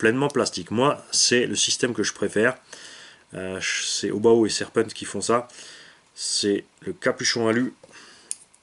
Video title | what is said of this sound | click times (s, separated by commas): MONTAGE HOBAO HYPER ST PRO TRUGGY 2 les amortisseurs | avec la tête par contre en plastique, donc elle est bien clipsée sur la rotule. | 8.3 s